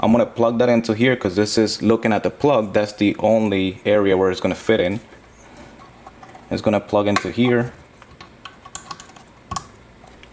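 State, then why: Seated. Someone talks while plugging the AV-in / 12V-out harness plug of an aftermarket JOYING JY-TT910N12 head unit into its mating socket behind the dash of a 2010–2015 Toyota Prius. After some faint handling rustles, a sharp click is heard at 8.8 s as the harness connector seats securely, followed by a few small clicks and taps.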